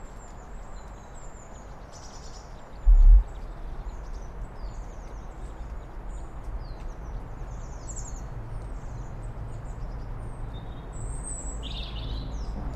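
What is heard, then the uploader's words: Robins, goldfinches and a song thrush sing a thin, scattered chorus of high chirps over a steady low rumble, with one brief thump near three seconds. Birdsong Sounds of Sunrise: Forest Harmony. As the dawn light starts to filter through the trees, the birds begin to sing. The robin's clear, melodic trill cuts through the air, joined by the cheerful chirping of the goldfinch. The songthrush adds its own rich, fluty notes to the chorus.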